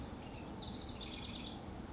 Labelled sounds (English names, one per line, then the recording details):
House Wren
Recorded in Sonoma County, California